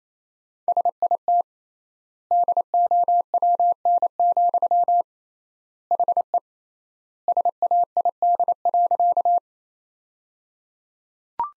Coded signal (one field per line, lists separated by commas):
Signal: Morse code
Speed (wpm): 28 wpm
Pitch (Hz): 700 Hz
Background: none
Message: SIT DOWN, HE SAID.